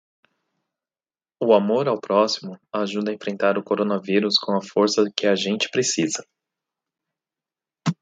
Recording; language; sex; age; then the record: spoken sentence; Brazilian Portuguese; male; 40 to 49 years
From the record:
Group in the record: control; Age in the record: 43 years